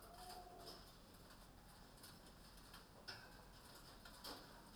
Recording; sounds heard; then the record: poultry house recording; healthy chickens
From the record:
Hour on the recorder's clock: 20